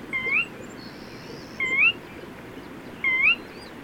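Bird whistling three quick rising slurs, each about a third of a second long and evenly spaced, with a faint buzzy note and scattered high chirps between.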